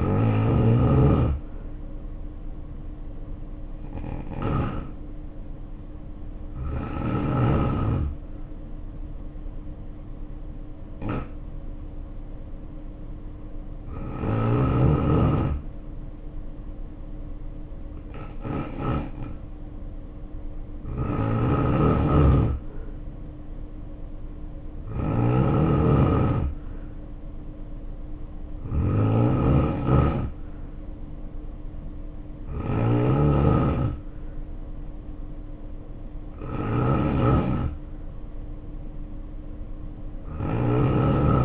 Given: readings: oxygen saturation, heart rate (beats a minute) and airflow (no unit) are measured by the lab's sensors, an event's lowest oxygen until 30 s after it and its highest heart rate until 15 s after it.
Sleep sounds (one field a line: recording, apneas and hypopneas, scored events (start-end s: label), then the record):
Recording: breathing in sleep by a smartphone at the bedside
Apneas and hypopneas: 1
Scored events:
5.00-25.70 s: hypopnea (N2, oxygen 93% highest, then 88% lowest, heart rate 60 at the start, 62 highest)
From the record:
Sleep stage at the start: N2 (light sleep)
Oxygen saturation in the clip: 83 to 93%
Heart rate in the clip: 55 to 64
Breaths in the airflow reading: 9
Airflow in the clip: -2.7 to 5.1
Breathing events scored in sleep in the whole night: 520 in 7.2 hours asleep